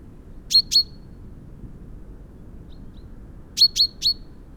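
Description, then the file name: Common chaffinch calls: short, sharp metallic notes, a quick pair followed after a pause of about three seconds by a run of three, over a quiet low background hum. "Fringilla coelebs"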